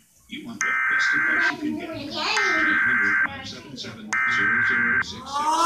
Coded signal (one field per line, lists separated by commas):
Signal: Emergency Alert System (SAME) tones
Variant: header bursts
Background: speech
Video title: Eas alert #3 guinea pig monsters part 2